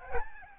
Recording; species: mosquito wingbeat signal from an infrared sensor; Aedes albopictus